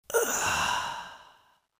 Last breath sounds.